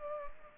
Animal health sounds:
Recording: mosquito wingbeat signal from an infrared sensor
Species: Culex pipiens

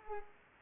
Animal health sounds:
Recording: mosquito wingbeat signal from an infrared sensor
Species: Culex pipiens

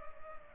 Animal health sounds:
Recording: mosquito wingbeat signal from an infrared sensor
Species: Culex pipiens

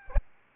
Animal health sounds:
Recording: mosquito wingbeat signal from an infrared sensor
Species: Aedes albopictus

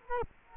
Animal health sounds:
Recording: mosquito wingbeat signal from an infrared sensor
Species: Culex quinquefasciatus

